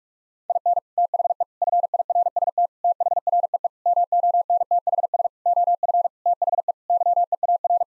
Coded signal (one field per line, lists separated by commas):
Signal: Morse code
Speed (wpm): 41 wpm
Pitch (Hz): 700 Hz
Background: none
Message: IN THE FIRST THREE MONTHS OF THE YEAR